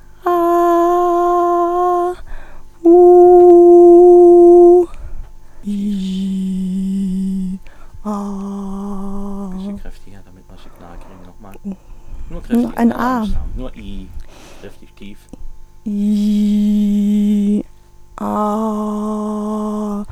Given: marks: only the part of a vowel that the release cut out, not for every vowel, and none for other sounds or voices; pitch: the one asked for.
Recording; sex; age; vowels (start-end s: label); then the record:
sustained vowels; female; 40 to 49 years
0.38-1.05 s: vowel /a/, high pitch
3.54-4.45 s: vowel /u/, high pitch
16.01-17.42 s: vowel /i/, low pitch
18.33-19.86 s: vowel /a/, low pitch
From the record:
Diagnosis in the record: phonasthenia (vocal fatigue); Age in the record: 43 years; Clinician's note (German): Ausgeprägte Phonasthenie mit psychogener Komponente